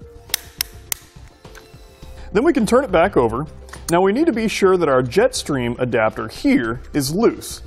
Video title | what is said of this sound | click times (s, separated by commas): etrailer - Does the Yakima RidgeLine Roof Rack for Flush Rails Suit Your 2017 Chevrolet Trax | tool has a unique torque feature it's going to give us three clicks and that's how we know it's tightened down to the correct torque setting | 0.3 s, 0.6 s, 0.9 s